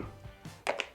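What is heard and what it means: A detachable keyboard is attached to the bottom edge of an ASUS ProArt PZ13 tablet laptop. Low, faint handling sounds come first, then two sharp, quickly fading clicks at 0.7 s and 0.8 s as the keyboard snaps into place, seated.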